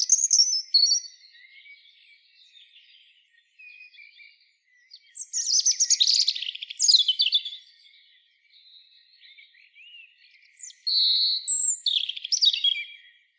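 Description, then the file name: European robin singing sweet, high, jumbled phrases in three separated bursts, each a rapid run of trills and slurred whistles, with quiet thin notes in the gaps. "Erithacus rubecula"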